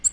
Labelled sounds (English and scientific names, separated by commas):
Nashville Warbler (Leiothlypis ruficapilla) flight call